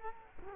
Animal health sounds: mosquito wingbeat signal from an infrared sensor; Culex quinquefasciatus

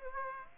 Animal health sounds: mosquito wingbeat signal from an infrared sensor; Aedes aegypti

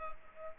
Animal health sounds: mosquito wingbeat signal from an infrared sensor; Culex pipiens

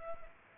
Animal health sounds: mosquito wingbeat signal from an infrared sensor; Culex pipiens

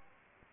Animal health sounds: mosquito wingbeat signal from an infrared sensor; Anopheles arabiensis

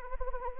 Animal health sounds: mosquito wingbeat signal from an infrared sensor; Anopheles arabiensis

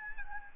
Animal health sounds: mosquito wingbeat signal from an infrared sensor; Aedes albopictus

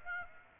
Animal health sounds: mosquito wingbeat signal from an infrared sensor; Aedes aegypti

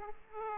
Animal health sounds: mosquito wingbeat signal from an infrared sensor; Aedes aegypti

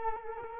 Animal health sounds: mosquito wingbeat signal from an infrared sensor; Culex quinquefasciatus

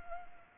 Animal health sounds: mosquito wingbeat signal from an infrared sensor; Culex pipiens

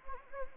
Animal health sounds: mosquito wingbeat signal from an infrared sensor; Anopheles gambiae

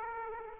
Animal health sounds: mosquito wingbeat signal from an infrared sensor; Aedes aegypti

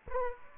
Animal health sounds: mosquito wingbeat signal from an infrared sensor; Aedes aegypti

